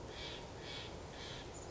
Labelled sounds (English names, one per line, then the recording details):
Steller's Jay
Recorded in Sonoma County, California